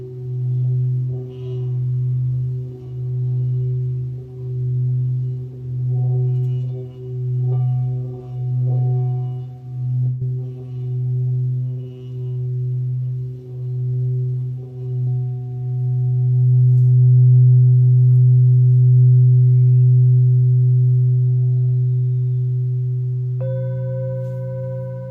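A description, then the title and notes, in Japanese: A singing bowl hums with a low, steady tone that pulses in slow, even swells about once a second for the first fifteen seconds. The wobble then smooths into a sustained, louder drone, and near the end a higher bowl tone joins in. メキシコから シンギングボウルのサウンドヒーリング ライブ。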